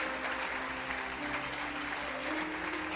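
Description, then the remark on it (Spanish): Steady audience applause, a dense wash of many hands clapping at an even level for about three seconds, with faint sustained tones humming underneath. “Gloria a Dios, le damos un aplauso, Señor, hay una cosecha muy linda.”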